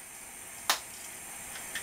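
A screw cap is twisted off a plastic water-sample bottle, and its tamper seal breaks open with a single sharp tick at 0.7 s. The rest of the clip is a quiet hiss with only faint, softer ticks near the end.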